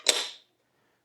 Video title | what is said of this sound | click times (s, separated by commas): Review - EcoRoad ES4 800-Watt Electric Scooter | Lock it upright. | 0.1 s